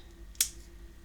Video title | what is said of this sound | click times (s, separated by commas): Top 10 Favourite -Bakugan- | and then you can kind of close CL them up and the wing Parts just kind of lock them in there | 0.4 s